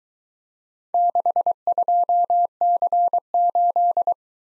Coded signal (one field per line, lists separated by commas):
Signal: Morse code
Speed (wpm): 22 wpm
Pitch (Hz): 700 Hz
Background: none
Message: 62C8